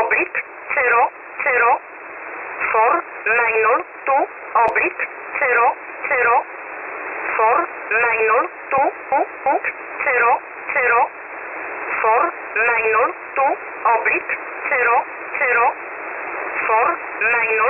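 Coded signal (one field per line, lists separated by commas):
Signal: numbers station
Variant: E11 Oblique, English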